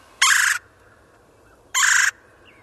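Red-bellied Woodpecker calls: two harsh, rolling, churring notes, each lasting under half a second, given about one and a half seconds apart.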